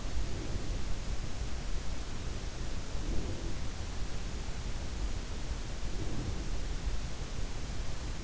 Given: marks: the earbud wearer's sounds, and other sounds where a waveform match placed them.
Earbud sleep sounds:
sounds in sleep by an in-ear microphone; breath
0.00-1.07 s: breath
2.89-3.78 s: breath
5.63-6.70 s: breath

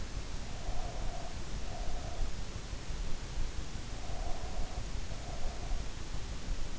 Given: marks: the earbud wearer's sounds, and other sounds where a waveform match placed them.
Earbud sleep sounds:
sounds in sleep by an in-ear microphone; breath
0.43-2.47 s: breath
4.02-5.84 s: breath

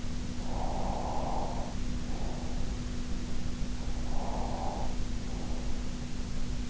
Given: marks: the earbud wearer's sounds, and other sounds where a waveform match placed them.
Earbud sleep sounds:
sounds in sleep by an in-ear microphone; breath
0.37-2.84 s: breath
3.85-5.80 s: breath

